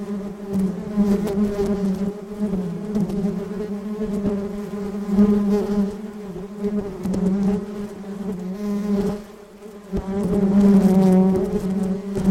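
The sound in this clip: Bees give a sustained droning buzz, rising and falling in intensity, briefly dipping near the end before surging louder again.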